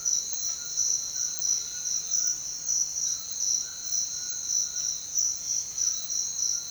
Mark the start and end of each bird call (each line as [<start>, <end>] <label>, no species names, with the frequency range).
[0.00, 6.71] bird call (0.9-4.4 kHz)